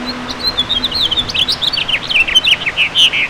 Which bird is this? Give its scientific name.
Haemorhous mexicanus